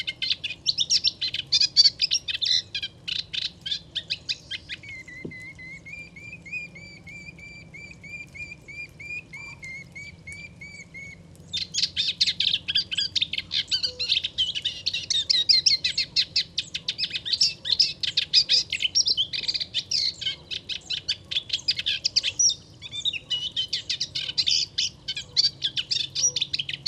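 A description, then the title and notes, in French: A moustached warbler sings from a reedbed on a still, windless day, pouring out dense, rapid, bright chattering phrases. Around 5 to 11 seconds the song turns into a run of clean, rising whistled notes before the fast chatter resumes. A faint low hum persists underneath. Chemin de Fangassier - Camargue - Parabole Wildtronic - mkh8020 - Mixpre 3. Une magnifique roselière où chante une Lusciniole à moustaches (Acrocephalus melanopogon). Pas un souffle de vent et un oiseau chanteur virtuose qui est bien difficile à voir dans les roseaux.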